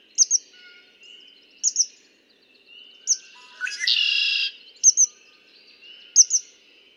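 Red-winged blackbird: a few clicking notes lead into one scratchy, buzzing trill, while crisp paired chips sound repeatedly in the background.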